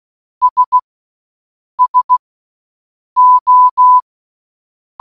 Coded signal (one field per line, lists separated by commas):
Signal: Morse code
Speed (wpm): 16 wpm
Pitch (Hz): 1000 Hz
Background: none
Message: S SO